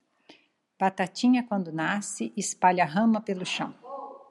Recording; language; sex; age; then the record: short text; Brazilian Portuguese; female; 40 to 49 years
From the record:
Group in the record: control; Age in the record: 49 years